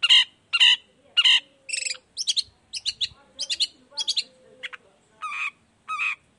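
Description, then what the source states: Long-tailed shrike giving repeated harsh, nasal 'toet' notes at a steady beat, followed by paired stuttering notes and more rasping calls. Persistently singing bird recorded in the morning, voice variations with 'toet toet' notes, used as a lure to make other shrikes of any kind reply quickly.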